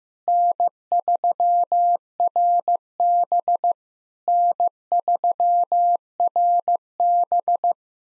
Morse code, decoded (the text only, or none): N3RB N3RB